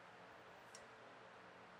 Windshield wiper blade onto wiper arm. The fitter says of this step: with that clicked into place then you can lower it this down